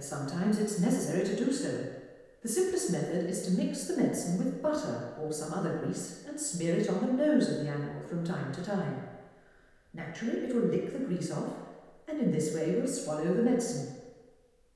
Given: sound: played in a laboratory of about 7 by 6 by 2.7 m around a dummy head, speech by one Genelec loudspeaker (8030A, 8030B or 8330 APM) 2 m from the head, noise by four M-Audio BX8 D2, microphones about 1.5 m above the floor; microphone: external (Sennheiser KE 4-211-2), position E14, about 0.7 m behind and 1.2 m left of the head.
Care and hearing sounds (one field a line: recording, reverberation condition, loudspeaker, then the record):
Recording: female speech in English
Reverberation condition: high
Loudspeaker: 60 degrees to the left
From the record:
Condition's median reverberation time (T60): about 1300 ms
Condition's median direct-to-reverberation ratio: about -4.0 dB